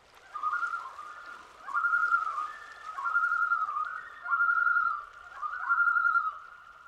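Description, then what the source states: Common Loon tremolo: a quavering, laughing whistled call that swells and fades in several repeated waves. Tremolo, probably the most common and familiar loon sound; usually means the loon is alarmed or frightened; at a lake.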